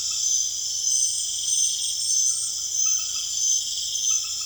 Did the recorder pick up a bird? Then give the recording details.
no. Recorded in secondary vegetation near Puerto Asís, Putumayo, Colombia, on 25 June 2025. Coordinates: 0.488, -76.319. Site G094